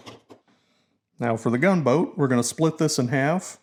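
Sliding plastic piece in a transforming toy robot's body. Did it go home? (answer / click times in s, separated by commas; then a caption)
yes / 0.3 s. A plastic piece on a slider in the body of a 52Toys Infinitybox Firepower Robo transforming toy robot is pushed to its uppermost position, giving short handling sounds and a small click at 0.3 s as it seats and locks into place. Someone then talks from about 1.2 s onward.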